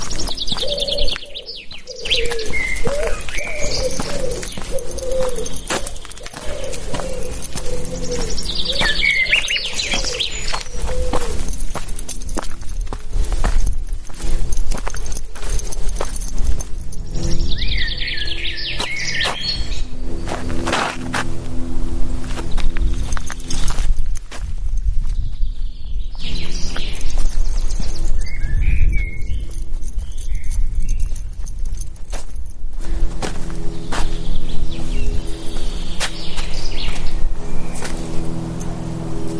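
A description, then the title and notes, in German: An evening walk with a dog in the forest: steady crunching footsteps and rustling run throughout, with a low continuous rumble underneath. Short bursts of birdsong break in now and then, around the start, middle and toward the end. Abends mit dem Hund im Wald. Aufnahme eines Spaziergangs im Wald. Mit Hund, Vögeln, gelegentlichem Kampf durch das Unterholz und vielen knacksenden Ästen und rauschenden Blättern auf dem Waldboden.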